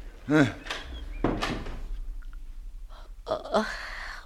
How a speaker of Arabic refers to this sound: يا بواب اقفل وراه الباب. وادي الباب.